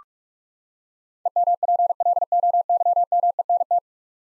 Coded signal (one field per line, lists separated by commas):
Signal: Morse code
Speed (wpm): 46 wpm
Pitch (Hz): 700 Hz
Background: none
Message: EMPLOYMENT